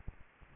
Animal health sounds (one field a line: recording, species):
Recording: mosquito wingbeat signal from an infrared sensor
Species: Aedes aegypti